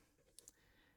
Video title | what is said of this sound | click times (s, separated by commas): Our Chevrolet Bolt EV's AC Broke. Here's How Much It Cost To Fix! | and push it back on until it clicks. | 0.4 s, 0.5 s